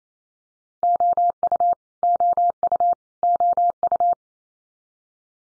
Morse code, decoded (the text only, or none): OU OU OU